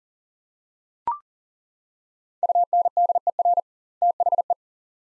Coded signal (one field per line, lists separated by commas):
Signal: Morse code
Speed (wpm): 40 wpm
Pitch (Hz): 700 Hz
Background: none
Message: UNDER THE